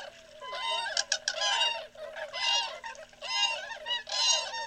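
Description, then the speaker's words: Tundra swans calling in flight: a dense chorus of overlapping high, hooting and yelping notes from many birds, in bursts. Migrating tundra swans heard flying overhead, day or night, on migration to the Atlantic coast. "here's an added treat for you, the sound of the tundra swans. They may fly right over your head, day or night, as they continue their migration to the Atlantic coast."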